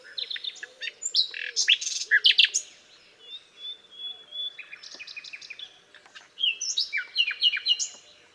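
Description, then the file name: Common nightingale song in several bursts: rapid repeated chirps and trills, a long pure whistled note near the middle, then another fast sequence of sharp, varied phrases. "Luscinia megarhynchos"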